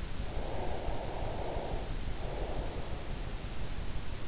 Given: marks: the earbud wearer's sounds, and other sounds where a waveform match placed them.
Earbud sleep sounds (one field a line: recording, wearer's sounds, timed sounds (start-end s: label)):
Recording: sounds in sleep by an in-ear microphone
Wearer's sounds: breath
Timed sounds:
0.14-3.28 s: breath